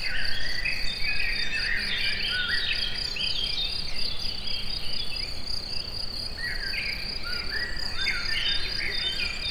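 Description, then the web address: Cricket trilling steadily in high rapid pulses while birds sing lively phrases, especially early and late. Recorded in nature at a forest edge near the Eger tourist house, amid assorted sounds. "allathangok termeszetben tucsok mindenfeleazerdoszelen egerturistahaz"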